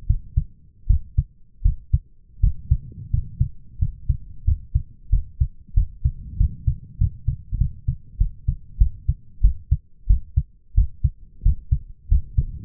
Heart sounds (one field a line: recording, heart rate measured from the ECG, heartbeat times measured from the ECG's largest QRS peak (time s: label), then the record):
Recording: heart sounds by stethoscope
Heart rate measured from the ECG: 90 bpm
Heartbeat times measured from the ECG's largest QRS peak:
0.07 s: heartbeat
0.87 s: heartbeat
1.62 s: heartbeat
2.40 s: heartbeat
3.10 s: heartbeat
3.79 s: heartbeat
4.45 s: heartbeat
5.10 s: heartbeat
5.74 s: heartbeat
6.38 s: heartbeat
6.98 s: heartbeat
7.58 s: heartbeat
8.18 s: heartbeat
8.78 s: heartbeat
9.41 s: heartbeat
10.07 s: heartbeat
10.75 s: heartbeat
11.43 s: heartbeat
12.09 s: heartbeat
From the record:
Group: healthy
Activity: rest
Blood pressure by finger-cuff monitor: 139/99 mmHg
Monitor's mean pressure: 111 mmHg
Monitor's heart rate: 91 bpm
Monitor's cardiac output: 7.3 L/min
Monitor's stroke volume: 87 mL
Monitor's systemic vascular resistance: 1150 dyn s/cm5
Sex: male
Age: 23 years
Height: 179 cm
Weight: 87 kg